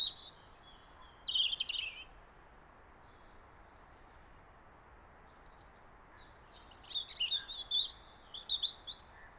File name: Robin